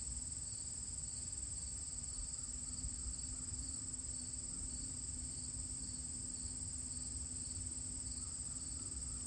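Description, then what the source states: Cricket trilling continuously, an even, high-pitched drone over a low background rumble. Recorded at the edge of a field on Thursday, August 31, 2023, the last day of August, about 12 miles from where E.B. White's crickets lived.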